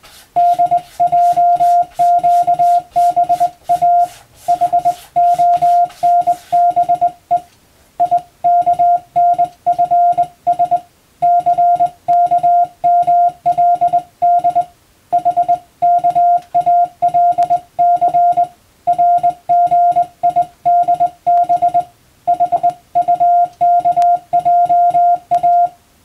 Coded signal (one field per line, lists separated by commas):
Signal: Morse code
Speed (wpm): 22 wpm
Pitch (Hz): 700 Hz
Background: music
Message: DJQBA HONBE IKNFS CKMLD HKALC RGIDB HUKJA